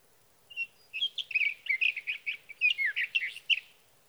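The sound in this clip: Sage thrasher singing; after a single soft note comes a rapid, rambling series of warbled chirps and slides.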